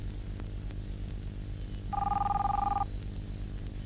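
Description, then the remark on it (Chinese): A telephone rings once, a steady warbling electronic tone with two close pitches lasting about a second, over a low constant hum and no speech. “你不想接电话？”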